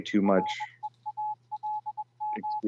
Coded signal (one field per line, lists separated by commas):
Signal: Morse code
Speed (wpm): 21 wpm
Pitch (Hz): 850 Hz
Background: speech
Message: REALM